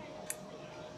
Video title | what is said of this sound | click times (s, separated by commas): RF4308E Air Permeability Tester | will hear a click that indicates the firm connection | 0.3 s